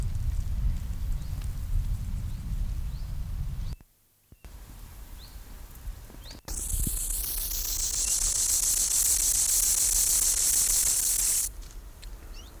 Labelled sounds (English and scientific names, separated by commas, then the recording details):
Rufous Grasshopper (Gomphocerippus rufus) stridulation
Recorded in the wild
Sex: male
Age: imago
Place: Gößweinstein, Fränkische Schweiz, Bayern, DE
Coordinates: 49.72, 11.07
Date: 1995-09-06 12:02
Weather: schwach sonnig, 16,6°C
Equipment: Nagra SN, Sennheiser ME 80, Kopie Uher 4000 Report Monitor
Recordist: Tembrock, Günter